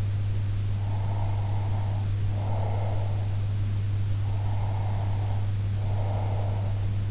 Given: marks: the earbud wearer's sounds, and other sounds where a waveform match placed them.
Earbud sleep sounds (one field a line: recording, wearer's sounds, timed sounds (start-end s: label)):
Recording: sounds in sleep by an in-ear microphone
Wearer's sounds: breath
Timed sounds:
0.82-3.27 s: breath
4.19-6.82 s: breath